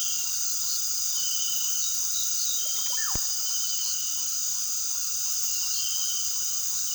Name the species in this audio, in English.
Russet-backed Oropendola